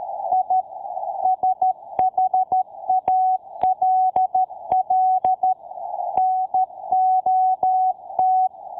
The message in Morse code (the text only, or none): I SHALL NOT